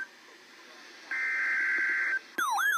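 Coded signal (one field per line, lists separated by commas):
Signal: Emergency Alert System (SAME) tones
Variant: header bursts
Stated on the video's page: Severe Thunderstorm Watch from NOAA Weather Radio, during the changeover from the CRS to the BMH broadcast system.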